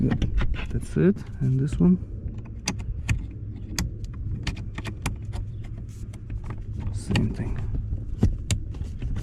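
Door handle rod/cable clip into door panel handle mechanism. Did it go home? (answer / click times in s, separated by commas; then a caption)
yes / 8.5 s. While reassembling the rear door panel of a 2014-and-up Jeep Cherokee, the second door handle rod/cable clip is pushed into its hole in the panel's handle mechanism as someone talks. Several sharp ticks come through a low hum, then a single crisp click at 8.5 s as the clip snaps home and locks, seated.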